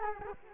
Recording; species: mosquito wingbeat signal from an infrared sensor; Culex quinquefasciatus